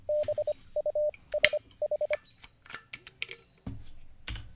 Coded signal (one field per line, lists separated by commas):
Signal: Morse code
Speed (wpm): 24 wpm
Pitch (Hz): 600 Hz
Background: none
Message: BUSH